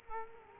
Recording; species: mosquito wingbeat signal from an infrared sensor; Culex quinquefasciatus